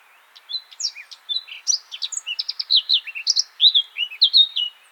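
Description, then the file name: Eurasian blackcap warbling continuously with rapid mixed chirps and short fluty whistles, bright and fast. "Sylvia atricapilla"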